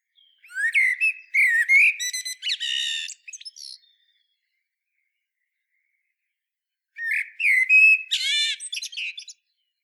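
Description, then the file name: Common blackbird song: one rich warbled phrase with a shrill twittering tail, about three seconds of quiet, then a second similar phrase. "Turdus merula"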